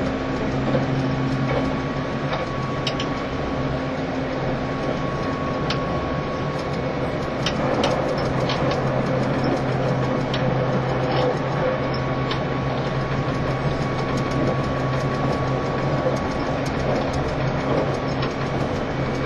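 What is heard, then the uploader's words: A train runs with a steady, dense rattle and low hum, a thin high whine, and brief metallic clicks scattered throughout. E351系 Sあずさ18号. 松本～新宿. 2018年で全車引退したJR東日本唯一の振り子式車両であったE351系です。 速達運用だった＂スーパーあずさ18号＂の列車走行音(静止画)です。 Train running sound.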